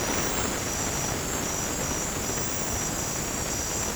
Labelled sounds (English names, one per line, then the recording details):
none
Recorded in dense forest near Puerto Asís, Putumayo, Colombia, on 30 June 2025 at 22:30
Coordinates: 0.503, -76.323
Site G059